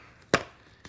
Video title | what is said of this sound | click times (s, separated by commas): SEBO SOFTCASE CE12 How To Assemble & FAQ | everything's going to nicely snap into place | 0.4 s